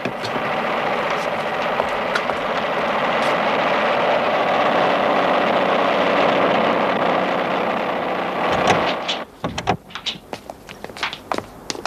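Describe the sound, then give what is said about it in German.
An airplane engine runs before takeoff at an airfield in light ground fog, a steady, broad roar for about nine seconds, then cuts off abruptly, leaving a series of sharp clicks and knocks. “L'avion Police-Bonn décolle en 10 minutes. Piste d'envol côté est.”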